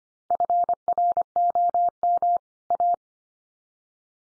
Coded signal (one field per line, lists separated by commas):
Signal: Morse code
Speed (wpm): 25 wpm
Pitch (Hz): 700 Hz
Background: none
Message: FROM A